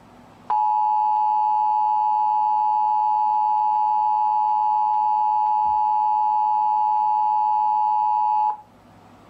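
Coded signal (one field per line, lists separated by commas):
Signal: Emergency Alert System (SAME) tones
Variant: 853 and 960 Hz attention tone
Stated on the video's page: National EAS test received on television, FM and AM radio.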